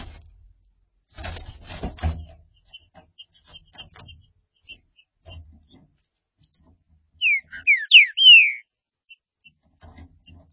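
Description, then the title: Green-winged saltator song: a phrase of four bright downslurred whistles near the end, preceded by rustling and dull knocks. "Trinca Ferro"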